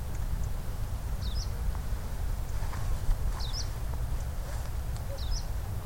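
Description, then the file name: Hume's leaf warbler calls, brief high slurred double notes recurring roughly every two seconds against heavy low-frequency background noise. "tienshanlaubsaenger"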